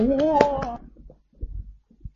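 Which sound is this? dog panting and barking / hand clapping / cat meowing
hand clapping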